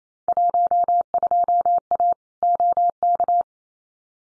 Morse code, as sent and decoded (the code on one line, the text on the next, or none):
.---- ..--- .- / --- -.-
12A OK